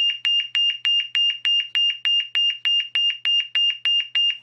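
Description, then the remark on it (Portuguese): A smoke alarm beeps in a fast, steady run of about fifteen loud, shrill high-pitched pulses, each sharply cut off, with no voices present. “E aquela desgraça daquele alarme de incêndio disparava.”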